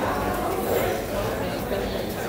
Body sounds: background sound without coughing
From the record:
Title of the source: 40 min - Ambience sounds UNIVERSITY lunchroom chatting

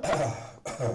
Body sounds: coughing mixed with background sound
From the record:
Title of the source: Cough Around the Clock!

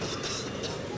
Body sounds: coughing mixed with background sound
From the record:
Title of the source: November cold (wet coughing)

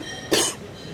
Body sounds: coughing mixed with background sound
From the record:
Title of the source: 55 gaggy wet cough

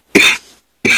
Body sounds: coughing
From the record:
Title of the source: 64 coughing, allergies, singing lungs

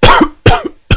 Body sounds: coughing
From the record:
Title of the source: Coughing 51

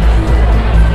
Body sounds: background sound without coughing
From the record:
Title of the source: Party Noise 1 Hour Party Ambience

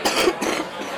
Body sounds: coughing mixed with background sound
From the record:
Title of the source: 61 morning phlegmy cough...again

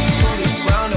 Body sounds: coughing mixed with background sound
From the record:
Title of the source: Female coughing - Sound effects

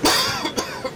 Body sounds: coughing mixed with background sound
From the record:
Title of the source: Dry Coughing Fit in the Afternoon.

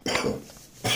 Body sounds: coughing mixed with background sound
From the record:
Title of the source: Spring Cold Coughing 3

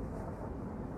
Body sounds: background sound without coughing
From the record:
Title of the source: Train Ride Ambience ambient white noise for sleeping, focus, studying, reading

